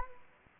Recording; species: mosquito wingbeat signal from an infrared sensor; Anopheles arabiensis